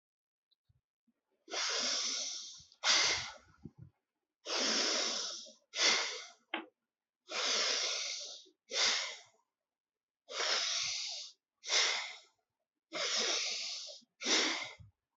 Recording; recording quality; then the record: deep breathing; excellent, no background noise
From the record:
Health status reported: healthy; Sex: male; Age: 47 years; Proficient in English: yes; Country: India